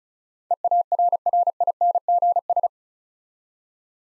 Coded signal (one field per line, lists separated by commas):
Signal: Morse code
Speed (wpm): 34 wpm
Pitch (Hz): 700 Hz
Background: none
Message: EARRINGS